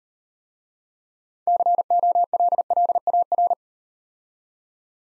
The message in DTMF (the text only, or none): none